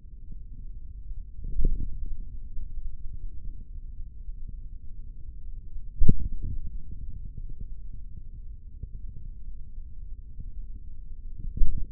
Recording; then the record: forearm muscle sounds (acoustic myography)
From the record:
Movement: index flexion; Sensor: system 3, bracelet of six PUI Audio POM-2738L microphones around the upper forearm, with dedicated amplification and filtering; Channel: 1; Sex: male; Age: 55 years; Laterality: right